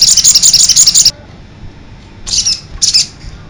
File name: sogok ontong rahmat januar afandi